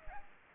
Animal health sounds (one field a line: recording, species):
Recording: mosquito wingbeat signal from an infrared sensor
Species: Aedes aegypti